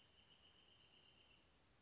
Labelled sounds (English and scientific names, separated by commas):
Western Flycatcher (Empidonax difficilis)